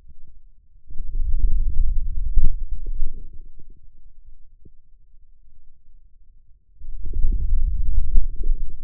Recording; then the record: forearm muscle sounds (acoustic myography)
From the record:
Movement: wrist extension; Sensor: system 2, bracelet of six BSWA MPA416 microphones around the upper forearm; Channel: 1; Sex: male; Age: 22 years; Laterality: right